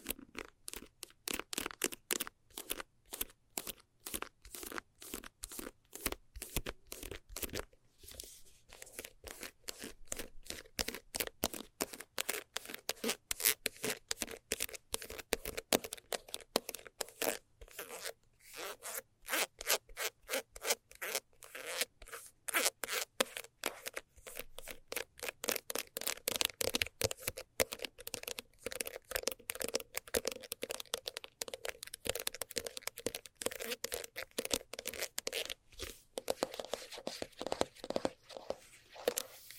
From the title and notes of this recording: ASMR Fast Scratching for Extreme Tingles（No Talking）.